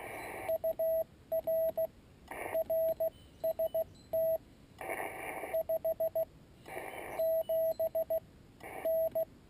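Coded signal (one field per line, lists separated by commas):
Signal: Morse code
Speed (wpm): 14 wpm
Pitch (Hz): 650 Hz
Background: radio noise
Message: UR RST 57 N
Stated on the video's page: Portable QRP CW contact on 14 MHz from a mountain ridge, using a Yaesu 817ND, MFJ antenna and Palm Radio paddle.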